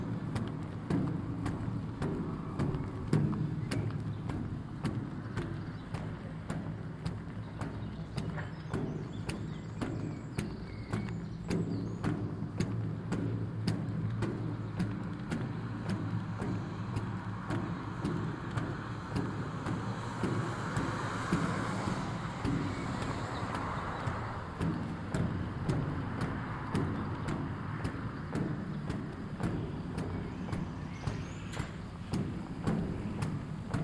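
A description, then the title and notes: Walking sticks tap a steady, regular beat across a highway overpass while traffic rumbles low and constant, with a brighter rush swelling around twenty seconds. Walking (Sticks) the Villalba Overpass. In Situ Season 1 episodes are 5 minutes of ambient sound recorded along del Norte, the northern coastal route of the Camino de Santiago network of pilgrimage paths converging in Spain. These tiny meditations are made with binaural microphones, creating an immersive hyper-realistic listening experience.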